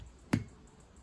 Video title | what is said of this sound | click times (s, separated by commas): BMW X3 wiper blade replacement | until it clicks into place. | 0.3 s